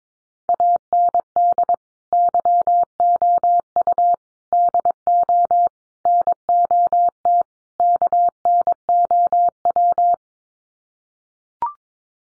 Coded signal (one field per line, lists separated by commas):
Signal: Morse code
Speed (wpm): 22 wpm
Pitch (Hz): 700 Hz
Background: none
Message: AND YOU DO NOT KNOW